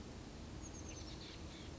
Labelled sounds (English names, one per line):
Oak Titmouse